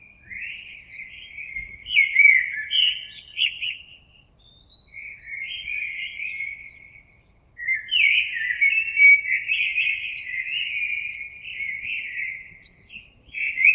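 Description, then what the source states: Common blackbird song, a run of mellow warbled phrases with high scratchy notes mixed in, pauses only brief. Recorded 26 April 2022.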